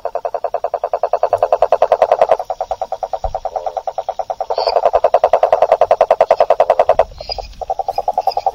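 A rococo toad, the largest toad in Argentina, weighing about 1.5 kilos, calls at night in a loud, continuous trill, a rapid pulsing drone like a small tractor running, broken by brief pauses and faint lower croaks underneath.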